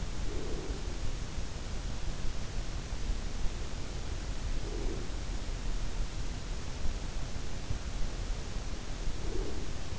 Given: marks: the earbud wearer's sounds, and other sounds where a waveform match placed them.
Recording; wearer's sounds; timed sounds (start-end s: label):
sounds in sleep by an in-ear microphone; breath
0.00-1.29 s: breath
4.11-5.45 s: breath
8.98-9.99 s: breath